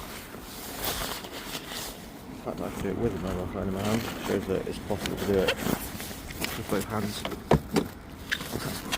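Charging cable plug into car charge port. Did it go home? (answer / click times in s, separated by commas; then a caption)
no / none. Someone talks while pushing a charging cable's plug into the charge port of an old Tesla Model S with a phone in hand, with faint scrapes and handling knocks as the plug is worked in. Nothing has seated or clicked yet.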